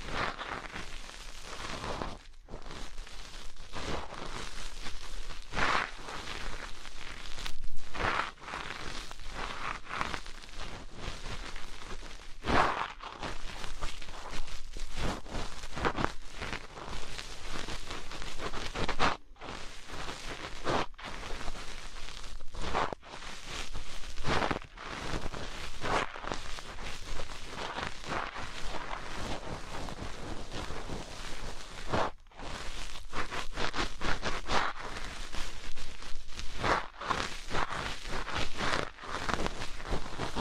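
Dense scratching and rustling from earpicks, cotton and tweezers working against the microphone, with crisp brushing strokes and frequent sharp clicks. The sound is busy and bright throughout, broken every few seconds by brief near-silent gaps, with no steady background.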